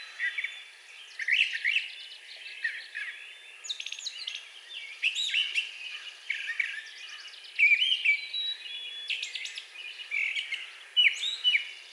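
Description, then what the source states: Brown thrasher song of varied twittering, whistled and rasping phrases, steady and continuous with small gaps between groups of notes. Recorded on 4 June 2020.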